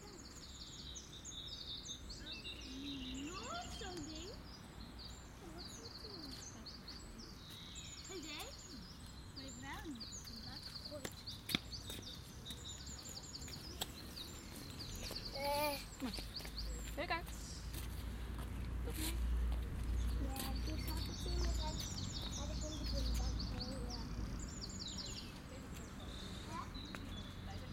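In a city garden, birds chirp and trill steadily over voices and a low traffic rumble, with a few sharp clicks midway.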